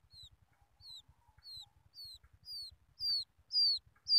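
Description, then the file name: Quail chick peeping: thin, high, downward-slurred peeps repeated about twice a second, growing steadily louder through the series. Chick calling its mother. "tieng cut con goi me"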